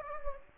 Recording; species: mosquito wingbeat signal from an infrared sensor; Anopheles gambiae